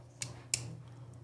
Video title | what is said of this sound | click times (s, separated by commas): TRX4 Chassis Kit Build (LIVE) | And I heard 2 audible snaps, and | 0.2 s, 0.5 s